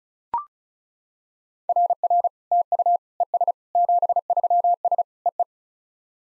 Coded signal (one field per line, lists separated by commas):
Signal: Morse code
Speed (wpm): 35 wpm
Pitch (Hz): 700 Hz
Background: none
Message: RR TU ES 73S EE